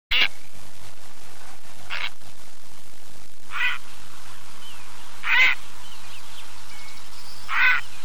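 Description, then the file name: Grey heron giving harsh, croaking calls, five broad raspy bursts spaced about every two seconds, over a steady low hum. "Graureiher"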